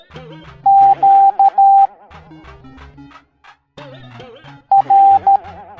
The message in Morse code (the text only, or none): Q R